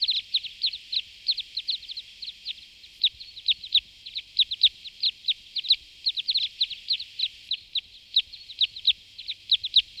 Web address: singvoegel gesang. kosmos 93 fichtenkreuzschnabel